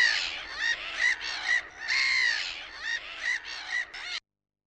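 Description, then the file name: Black-headed gull giving a run of harsh, grating squawks, several calls with one longer drawn-out cry in the middle, then silence. "NAURULOKKI"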